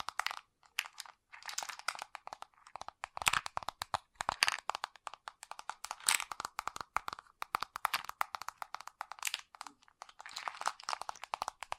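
Fast tapping runs through the whole twelve seconds, a dense stream of sharp, crisp clicks with a crunchy, crinkly edge. The rhythm is quick but uneven, with brief pauses early on and louder clusters of hits around three, six and ten seconds.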